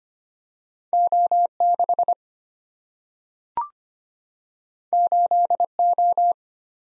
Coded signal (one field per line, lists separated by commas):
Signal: Morse code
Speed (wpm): 25 wpm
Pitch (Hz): 700 Hz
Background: none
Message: O6 8O